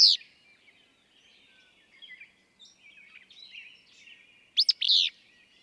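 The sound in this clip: Willow flycatcher song: a cut-off note at the start, soft scratchy notes, then one loud, sharp, buzzy two-part phrase near the end against a quiet background.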